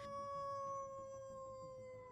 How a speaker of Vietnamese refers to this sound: Con chó đầu đàn ngồi trước mặt đứa bé, đưa lưỡi liếm vết thương rồi chu lên một tràng đầy ai oán.